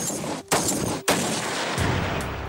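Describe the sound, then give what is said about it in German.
Loud, sharp gunfire from a sniper rifle: three harsh, noisy rifle blasts, each ringing out fully before a brief silence cuts to the next, with no voices. “Wenn der Schuss fällt, ist es für das Ziel zu spät.”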